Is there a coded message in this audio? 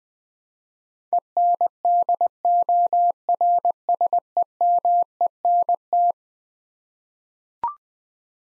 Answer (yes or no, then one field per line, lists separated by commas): yes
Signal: Morse code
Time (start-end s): 1.1-6.1 s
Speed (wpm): 20 wpm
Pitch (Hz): 700 Hz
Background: none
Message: ENDORSEMENT